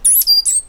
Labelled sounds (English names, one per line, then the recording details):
Stitchbird song
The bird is a male
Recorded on Tiritiri Matangi Island, New Zealand, in 2005
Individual 8, of nest box 10